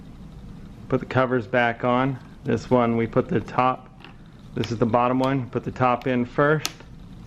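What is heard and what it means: Someone talks while handling a plastic access cover for the liftgate trim over the inner tail light of a 2013-2017 Mazda CX-5, positioning it top edge first. Only speech is heard, with no distinct snap or click. Nothing has seated or clicked yet.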